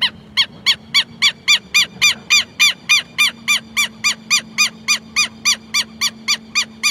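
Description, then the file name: Southern lapwing delivering loud, evenly spaced, strident notes, about three or four per second, steady throughout, with a faint low drone behind. "canto do quero quero"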